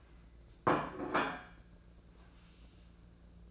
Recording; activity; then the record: daily activity, microphone in the room; place plate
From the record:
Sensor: 2